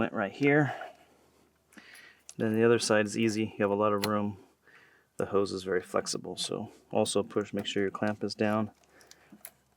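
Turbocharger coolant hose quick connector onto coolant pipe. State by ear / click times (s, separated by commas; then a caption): seated / 9.4 s. On a 2011–2015 Mini Cooper S, the plastic quick-connect end of the turbocharger coolant hose is pushed onto its coolant pipe while someone talks. A sharp click at 9.5 seconds marks the clip catching, and the connector is seated.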